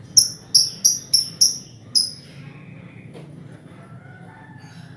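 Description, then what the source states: Lovebird chirps: six sharp, high, clipped notes in quick succession, followed by near silence with a faint low hum. Lovebird ngekek song, described as the longest, used as a lure song (kicau pancingan).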